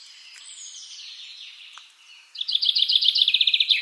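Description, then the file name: Common chaffinch trill begins after soft background bird chatter: a loud, rapid run of repeated notes, cut off before the song finishes. "Fringilla coelebs"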